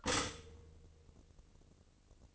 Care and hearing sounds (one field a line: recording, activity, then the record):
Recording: daily activity, microphone in the room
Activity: stop toaster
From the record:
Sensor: 4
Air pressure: 1007.9 hPa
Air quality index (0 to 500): 104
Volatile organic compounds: 1 ppm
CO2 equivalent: 772 ppm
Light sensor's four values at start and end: 9/20/8/8 and 9/19/8/8